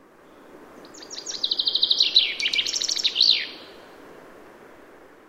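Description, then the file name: Common chaffinch singing one bright phrase: a fast series of sharp notes stepping down in pitch, ending with a quick sweeping flourish; faint background hiss. "Fringilla coelebs"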